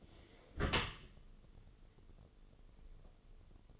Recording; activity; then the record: daily activity, microphone in the room; close dishwasher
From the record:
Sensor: 4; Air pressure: 1015.8 hPa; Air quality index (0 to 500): 97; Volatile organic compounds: 2 ppm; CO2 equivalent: 1090 ppm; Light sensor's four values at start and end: 8/19/7/7 and 8/18/7/7